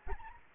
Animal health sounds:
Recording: mosquito wingbeat signal from an infrared sensor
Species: Anopheles arabiensis

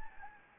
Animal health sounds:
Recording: mosquito wingbeat signal from an infrared sensor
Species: Anopheles gambiae

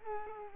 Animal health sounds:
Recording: mosquito wingbeat signal from an infrared sensor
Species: Culex quinquefasciatus

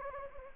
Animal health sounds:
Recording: mosquito wingbeat signal from an infrared sensor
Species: Anopheles gambiae

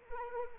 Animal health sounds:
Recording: mosquito wingbeat signal from an infrared sensor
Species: Anopheles arabiensis

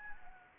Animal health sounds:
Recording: mosquito wingbeat signal from an infrared sensor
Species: Anopheles arabiensis

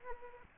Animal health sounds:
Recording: mosquito wingbeat signal from an infrared sensor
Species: Aedes aegypti

